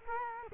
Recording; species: mosquito wingbeat signal from an infrared sensor; Culex quinquefasciatus